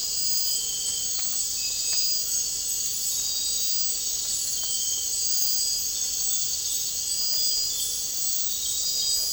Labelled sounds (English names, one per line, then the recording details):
none
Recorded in dense forest near Puerto Asís, Putumayo, Colombia, on 9 March 2025 at 01:30
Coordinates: 0.467, -76.328
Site G041